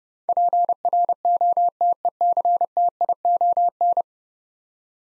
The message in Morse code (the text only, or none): PROTECTION